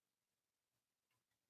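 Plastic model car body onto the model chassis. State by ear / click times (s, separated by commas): not seated / none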